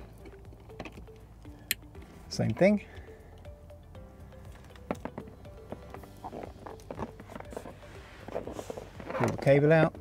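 The second plastic connector of a CANbus adaptor for a mini dash display (HUD) in a Tesla Model 3/Y is pushed onto its mating vehicle harness plug. It gives one sharp, loud click at 1.7 s, among faint handling taps, while someone talks over soft background music. The connector is seated.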